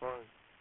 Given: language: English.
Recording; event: throat vibration sensor signal played as sound; speech